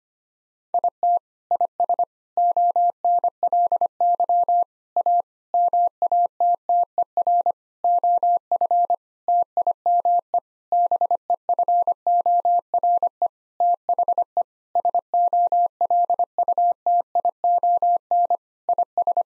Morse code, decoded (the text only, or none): IT IS ONLY A MATTER OF TIME BEFORE THE SOLUTION IS